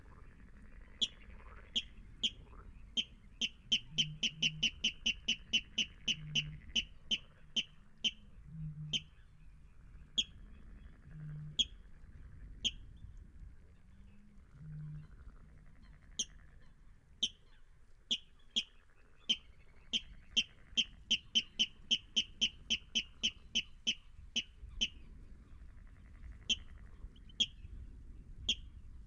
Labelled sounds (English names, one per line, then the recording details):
Water Rail
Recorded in the wild
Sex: male
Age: adult
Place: Kützerhof, Kummerower See, Mecklenburg-Vorpommern, DE
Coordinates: 53.8539, 12.8667
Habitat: wetland
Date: 2008-05-14
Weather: heiter, 10°C, schwacher Wind
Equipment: Sound Devices 702, Sennheiser MKH 70, Windkorb
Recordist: Frommolt, Karl-Heinz